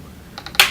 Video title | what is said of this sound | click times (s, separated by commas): How to Repair HP Chromebook G4 EE - Reassembly Video | clipping back into place. | 0.6 s